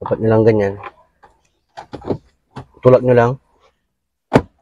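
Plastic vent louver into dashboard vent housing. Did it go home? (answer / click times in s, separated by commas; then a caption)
yes / 4.4 s. A plastic air-con vent louver on a Toyota Altis, just cleaned, is pushed back into its dashboard vent housing while someone talks. A sharp click at 4.4 s marks the louver locking into place, and pressing it firmly seats it.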